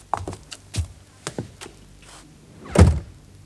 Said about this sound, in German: Eine halbe Minute später wirft Elise durch die kaum handbreit geöffnete Tür das blaue Heft auf den nächsten Stuhl und springt die Treppen wieder hinab.